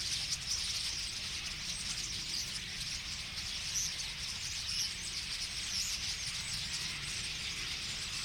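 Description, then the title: Common starling flock chatter, many birds squeaking and whistling at once, with a few sharper high notes standing out over low background noise. Flock singing in a tree at Boldixumstieg, Nieblum, Germany; cars in background; Zoom H3-VR ambisonic recorder, binaural stereo rendering, edited in Audacity. "Boldixumstieg, 25938 Nieblum, Deutschland - Ein Vogelschwarm Stare. A flock of birds starlings"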